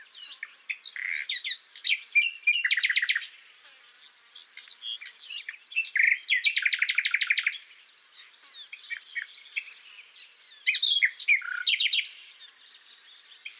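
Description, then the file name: Common nightingale song in several loud phrases of rapid repeated notes and rattling trills, separated by quieter stretches of soft chirps and high thin notes. "Luscinia megarhynchos"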